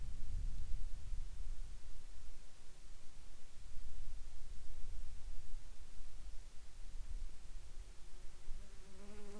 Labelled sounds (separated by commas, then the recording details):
insects
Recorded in the Arctic National Wildlife Refuge, Alaska, on 30 July 2021 at 14:23
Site 49